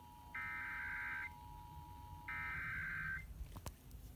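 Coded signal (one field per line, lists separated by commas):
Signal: Emergency Alert System (SAME) tones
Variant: header bursts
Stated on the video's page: Statewide monthly test heard on two FM radio stations.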